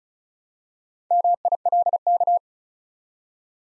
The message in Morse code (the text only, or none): MILK